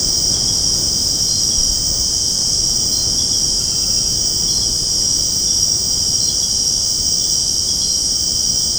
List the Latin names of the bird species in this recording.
none